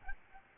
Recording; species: mosquito wingbeat signal from an infrared sensor; Aedes albopictus